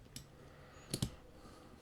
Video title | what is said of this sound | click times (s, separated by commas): Modding My Benchmade Mini Griptilian | snapped right and clicked into place | 0.9 s, 1.0 s